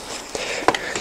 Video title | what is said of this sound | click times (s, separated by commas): Коляска прогулочная Valco Baby Snap 4 (Валько Бэби Cнап 4) | Нажимайте до щелчка. | 0.7 s